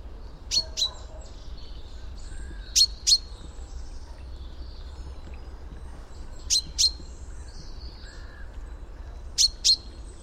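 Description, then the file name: Common chaffinch calls: sharp, high, clipped notes given in quick pairs, each pair repeated roughly every three seconds over a low steady background hum. "Fringilla coelebs"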